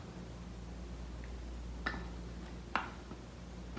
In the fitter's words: అంటే లాక్ అయిపోతుంది, చూడండి.